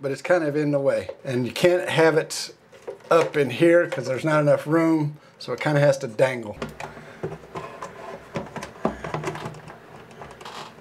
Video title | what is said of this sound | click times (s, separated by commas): Clear The Bathroom Steam For Good! The Exhaust Fan Upgrade! | Hear that click? In place. | 8.9 s